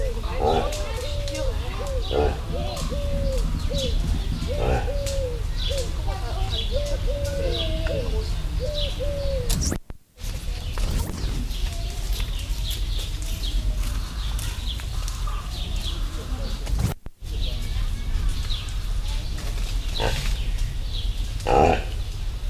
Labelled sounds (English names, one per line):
Reindeer call